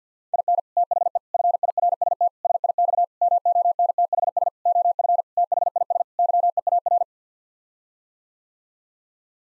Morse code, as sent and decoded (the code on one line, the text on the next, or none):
.. -. / - .... . / ..-. .. .-. ... - / ... .. -..- / -- --- -. - .... ... / --- ..-. / - .... .. ... / -.-- . .- .-.
IN THE FIRST SIX MONTHS OF THIS YEAR